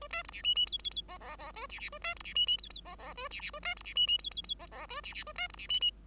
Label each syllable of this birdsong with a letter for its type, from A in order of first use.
A B C D E E F F F G G G A D D A B C D E E F F G G A D D A B C D E E F F F G G A D D A B C D E E